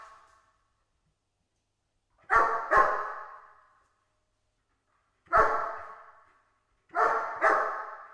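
Dog barking: loud harsh barks, a pair, then a single bark, then another pair, with silence between.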